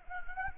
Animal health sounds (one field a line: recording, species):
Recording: mosquito wingbeat signal from an infrared sensor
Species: Anopheles arabiensis